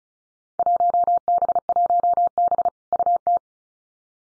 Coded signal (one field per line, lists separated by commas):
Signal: Morse code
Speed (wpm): 36 wpm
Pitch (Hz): 700 Hz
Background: none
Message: 1B1B UT